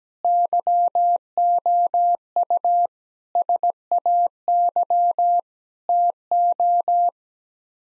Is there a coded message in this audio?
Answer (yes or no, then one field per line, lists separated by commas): yes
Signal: Morse code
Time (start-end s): 0.2-7.1 s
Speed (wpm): 17 wpm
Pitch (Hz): 700 Hz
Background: none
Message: YOU SAY TO